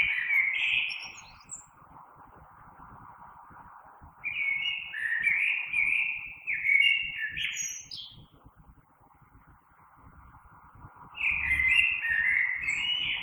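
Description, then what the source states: Common blackbird singing three bouts of fluty, warbling phrases separated by pauses, with higher twittering notes, over faint background hiss. Recorded 3 March 2020.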